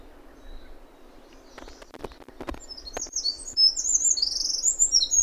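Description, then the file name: Eurasian wren song: after a few soft knocks, a rapid, high, trilled warble begins and grows louder toward the end. "Troglodytes troglodytes"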